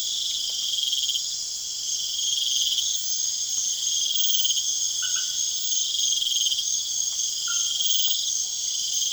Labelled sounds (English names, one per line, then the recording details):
none
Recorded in pastures near Puerto Asís, Putumayo, Colombia, on 30 June 2025 at 22:00
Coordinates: 0.502, -76.324
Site G010